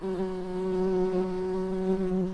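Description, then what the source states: Tree bumblebee buzzing: a steady, low droning hum that holds an even pitch throughout, wavering slightly in loudness, with no other clear sounds. Worker bees.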